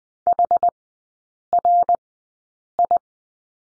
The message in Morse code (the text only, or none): HRI